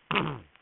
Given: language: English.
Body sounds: throat vibration sensor signal played as sound; throat clearing

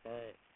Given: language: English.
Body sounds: throat vibration sensor signal played as sound; speech

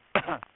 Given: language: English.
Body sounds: throat vibration sensor signal played as sound; cough

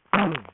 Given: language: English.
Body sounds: throat vibration sensor signal played as sound; throat clearing

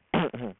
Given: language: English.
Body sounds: throat vibration sensor signal played as sound; throat clearing

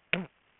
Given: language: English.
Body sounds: throat vibration sensor signal played as sound; throat clearing

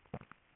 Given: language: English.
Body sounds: throat vibration sensor signal played as sound; swallow

